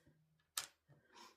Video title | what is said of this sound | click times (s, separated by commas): Invisible Sew-in Magnet Advice | And obviously it does click right in place. | 0.6 s